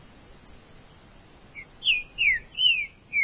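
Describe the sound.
Green-winged saltator song: after a soft note, a quick run of four full whistled notes, slurring down or level, the last cut off at the end.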